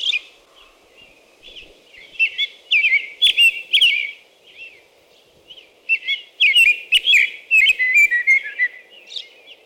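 American robin delivering a long sequence of caroling whistled phrases with piercing high notes woven in, over soft steady background noise.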